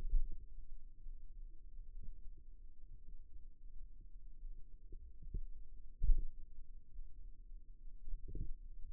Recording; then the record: forearm muscle sounds (acoustic myography)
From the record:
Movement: finger pinch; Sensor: system 2, bracelet of six BSWA MPA416 microphones around the upper forearm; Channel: 2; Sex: male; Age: 22 years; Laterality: right